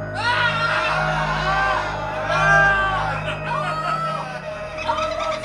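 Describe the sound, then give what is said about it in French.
Someone in an audience shouts out over a low crowd murmur, with a few rising and falling vocal cries spread across several seconds at moderate loudness. “Crie si tu apparais!”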